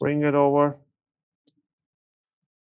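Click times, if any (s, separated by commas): none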